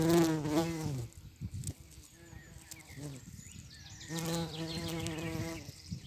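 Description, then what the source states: Bumblebee flight buzz, a deep droning hum heard twice with a quieter gap between. Bumblebee buzzing in flight, recorded on 7 May 2022.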